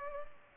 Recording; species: mosquito wingbeat signal from an infrared sensor; Culex pipiens